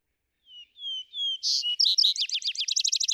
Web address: songs Vesper Sparrow